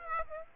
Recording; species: mosquito wingbeat signal from an infrared sensor; Aedes aegypti